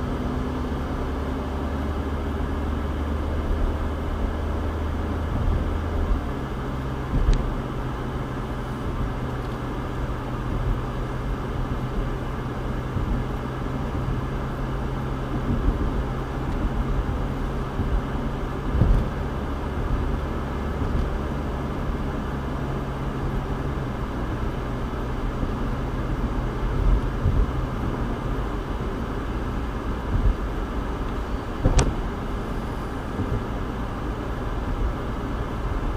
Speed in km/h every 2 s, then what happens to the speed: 53, 56, 61, 64, 66, 68, 69, 69, 71, 72, 74, 76, 77, 77, 77, 71, 71, 72.
0-23 speeds up to 77. 23-36 steady at about 72.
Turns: none.